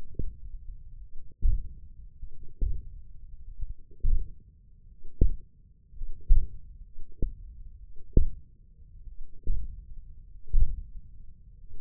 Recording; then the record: forearm muscle sounds (acoustic myography)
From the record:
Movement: radial deviation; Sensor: system 1, eight BSWA MPA416 microphones around the upper forearm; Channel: 4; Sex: male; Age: 20 years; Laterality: left